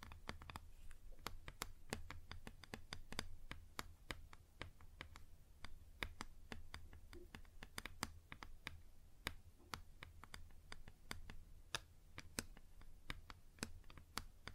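Fingers tap on a wood surface in quick, irregular bursts, sharp dry clicks following one another several times a second for the whole stretch. Light scratchy rustles fill the gaps, over a steady low hum underneath.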